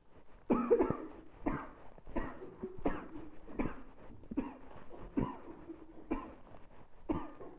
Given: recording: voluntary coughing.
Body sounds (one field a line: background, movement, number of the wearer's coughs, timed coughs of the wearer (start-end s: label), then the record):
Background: a bystander coughing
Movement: walking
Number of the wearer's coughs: 10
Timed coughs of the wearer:
0.47-0.76 s: cough
0.76-1.10 s: cough
1.43-1.70 s: cough
2.14-2.46 s: cough
2.83-3.08 s: cough
3.56-3.80 s: cough
4.35-4.64 s: cough
5.14-5.49 s: cough
6.08-6.40 s: cough
7.07-7.40 s: cough
From the record:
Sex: female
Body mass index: 36.4 kg/m2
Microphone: on the chest, facing the body